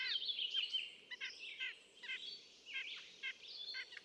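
White-breasted nuthatch giving short nasal notes with stacked harmonics, repeated at uneven intervals, over background noise and other high bird sounds.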